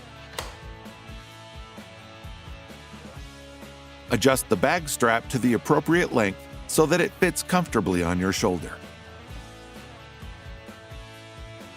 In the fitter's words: until it clicks into place.